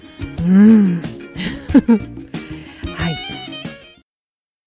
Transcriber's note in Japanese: 笑い声